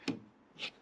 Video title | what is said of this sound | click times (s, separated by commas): Retrofit Electric Windows: T5 Comprehensive DIY Install for my Camper Conversion | makes a little click | 0.1 s